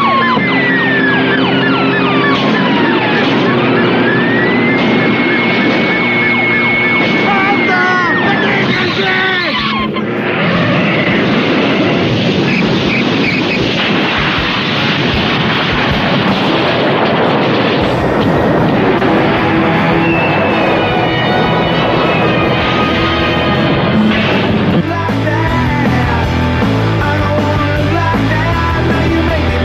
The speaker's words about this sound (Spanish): Escuchábamos cómo iban por la ruta esos autos, atrás iba Max, en ese momento era el amarillo con colores azul y rojo.